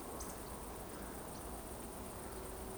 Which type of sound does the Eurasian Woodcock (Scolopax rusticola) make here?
whistle